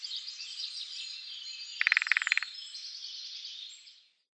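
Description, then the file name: Lesser spotted woodpecker drumming: one short, fast roll of about a dozen sharp taps, over a steady chorus of high chirping birds. "dzieciolek"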